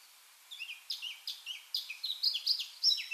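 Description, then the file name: Eurasian blackcap song, a run of separate chirps and short sliding whistles, growing brighter toward the end. "Sylvia atricapilla"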